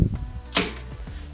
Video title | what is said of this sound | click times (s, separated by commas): Affordable Ebike Rack - KAC Bike Rack Review | and you can just pull these back up until you hear that snap for the mechanism to lock back in | 0.6 s